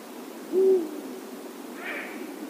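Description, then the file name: Eurasian eagle-owl with one brief low hoot, then a soft higher sound about a second later. "Uhu - Bubo bubo"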